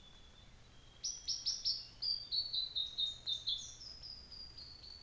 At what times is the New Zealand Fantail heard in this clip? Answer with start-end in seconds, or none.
none